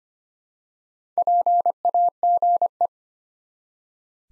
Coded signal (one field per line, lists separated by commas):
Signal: Morse code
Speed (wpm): 25 wpm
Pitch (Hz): 700 Hz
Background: none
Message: PAGE